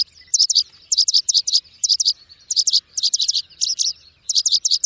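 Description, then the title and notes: Bird song made of shrill, rapid chirps clustered in threes and fours, each cluster repeating steadily with short silences between. Bird ringtone, described as having a melodious voice. "Burung Dengan Suara Merdu"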